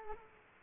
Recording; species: mosquito wingbeat signal from an infrared sensor; Culex quinquefasciatus